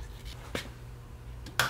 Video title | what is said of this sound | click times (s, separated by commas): Rebuilding a Roosa Master/Stanadyne diesel injection pump from a Ford Tractor | should all snap into place here | 1.6 s